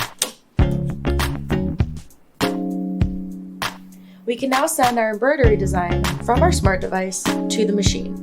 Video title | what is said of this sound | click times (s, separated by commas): EverSewn Sparrow X - Next-Generation Sewing and Embroidery Machin | onto the embroidery unit of the machine. You'll hear it click into place. | 0.2 s